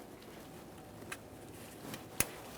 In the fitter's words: I get a nice click from that a light wiggle to make sure it's completely secured on there as well